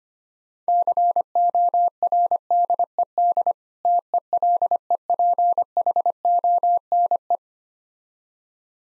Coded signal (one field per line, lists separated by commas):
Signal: Morse code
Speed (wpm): 26 wpm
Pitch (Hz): 700 Hz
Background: none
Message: CORDED TELEPHONE